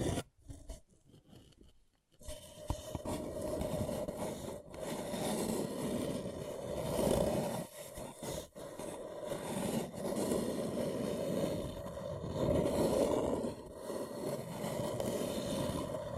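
A paper cup is handled: after about two seconds of near silence with a few faint taps, steady rubbing and scraping begins and fills the rest of the clip. The texture is dense and gritty, with a faint ringing tone underneath and brief dips near five and eight seconds.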